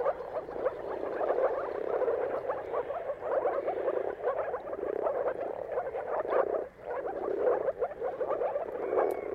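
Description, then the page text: Moor frog mating chorus of countless overlapping muffled croaks, a constant bubbling wall of sound swelling and easing. Mating calls of many moor frogs at sunrise, turn of March and April, depending on weather, described as a spectacle. "Dawn’s Chorus: Mating Calls of Marsh Frogs at Sunrise. Jakub-Orzecki moor frogs. Depending on the weather at the turn of March and April, you can witness an amazing spectacle of moor frogs"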